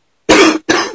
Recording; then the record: coughing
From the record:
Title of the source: 60 coughing still (deep and wet cough)